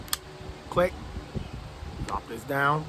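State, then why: Seated. A slide-on accessory is lined up by its slide grooves with the grooves on a grooved mounting rail base and slid forward until it locks. A sharp, short click is heard at 0.1 s, and the mount is seated on the rail. Someone talks afterward, with another brief tap near 2.1 s.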